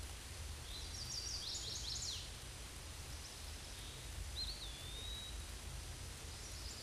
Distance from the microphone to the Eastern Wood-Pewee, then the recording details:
about 75 m. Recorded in a Pennsylvania forest on 18 May 2023 at 13:36. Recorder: AudioMoth, point grid1_34_low. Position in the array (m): 166 m, 172 m